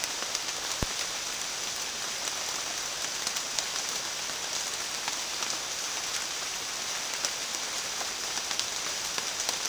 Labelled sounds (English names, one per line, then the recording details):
none
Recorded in dense forest near Puerto Asís, Putumayo, Colombia, on 19 June 2025 at 14:00
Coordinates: 0.466, -76.327
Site GP04